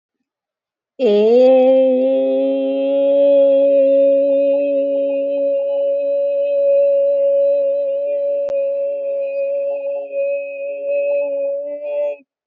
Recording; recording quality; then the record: sustained vowel as in made; excellent, no background noise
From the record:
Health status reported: healthy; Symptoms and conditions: none ticked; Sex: female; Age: 24 years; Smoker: not ticked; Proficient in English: yes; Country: India